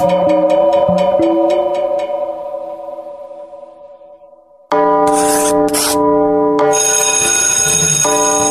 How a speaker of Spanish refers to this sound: Ya tocó la campana.